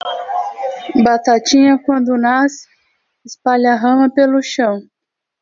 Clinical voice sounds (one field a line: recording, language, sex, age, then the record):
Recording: short text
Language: Brazilian Portuguese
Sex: female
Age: 30 to 39 years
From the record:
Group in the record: control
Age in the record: 36 years